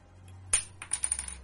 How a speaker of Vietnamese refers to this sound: Cây bút vừa khẽ rơi xuống mặt bàn